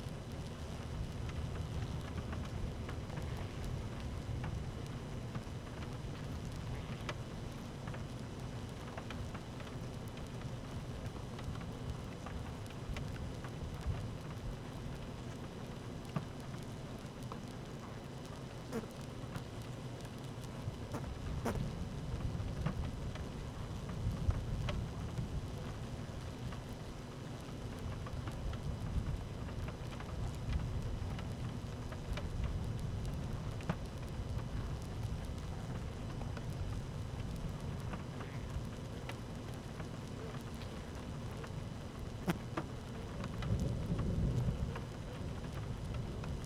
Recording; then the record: honeybee colony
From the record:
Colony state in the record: active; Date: 12 June 2018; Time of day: 13:25